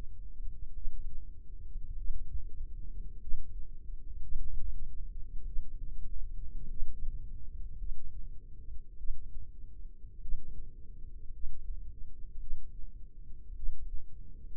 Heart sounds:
heart sounds by microphone in the left ear; 52 bpm
0.73 s: heartbeat
1.96 s: heartbeat
3.19 s: heartbeat
4.20 s: heartbeat
5.45 s: heartbeat
6.68 s: heartbeat
7.77 s: heartbeat
8.96 s: heartbeat
10.20 s: heartbeat
11.31 s: heartbeat
12.39 s: heartbeat
13.54 s: heartbeat
From the record:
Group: healthy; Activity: rest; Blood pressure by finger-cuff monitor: 91/53 mmHg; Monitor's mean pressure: 65 mmHg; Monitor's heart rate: 51 bpm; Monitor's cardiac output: 4.4 L/min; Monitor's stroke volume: 87 mL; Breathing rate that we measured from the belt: 16 breaths a minute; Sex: female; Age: 36 years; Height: 163 cm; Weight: 88 kg

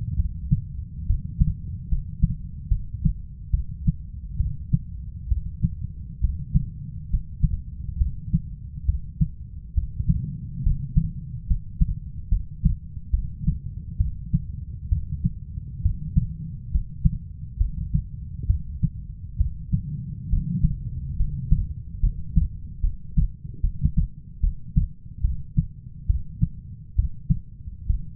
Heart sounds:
heart sounds by stethoscope; 69 bpm
0.16 s: heartbeat
1.06 s: heartbeat
1.88 s: heartbeat
2.68 s: heartbeat
3.51 s: heartbeat
4.37 s: heartbeat
5.28 s: heartbeat
6.21 s: heartbeat
7.10 s: heartbeat
7.98 s: heartbeat
8.85 s: heartbeat
9.74 s: heartbeat
10.63 s: heartbeat
11.47 s: heartbeat
12.29 s: heartbeat
13.11 s: heartbeat
13.97 s: heartbeat
14.89 s: heartbeat
15.82 s: heartbeat
16.71 s: heartbeat
17.57 s: heartbeat
18.47 s: heartbeat
19.37 s: heartbeat
20.29 s: heartbeat
21.16 s: heartbeat
22.00 s: heartbeat
22.81 s: heartbeat
23.61 s: heartbeat
24.41 s: heartbeat
25.21 s: heartbeat
26.07 s: heartbeat
26.96 s: heartbeat
27.86 s: heartbeat
From the record:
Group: healthy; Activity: rest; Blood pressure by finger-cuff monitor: 137/68 mmHg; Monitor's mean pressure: 88 mmHg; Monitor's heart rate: 69 bpm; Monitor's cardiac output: 6.2 L/min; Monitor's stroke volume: 89 mL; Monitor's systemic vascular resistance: 1030 dyn s/cm5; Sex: female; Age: 37 years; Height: 168 cm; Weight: 70 kg

